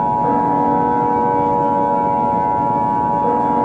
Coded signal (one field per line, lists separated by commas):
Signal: Emergency Alert System (SAME) tones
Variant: 853 and 960 Hz attention tone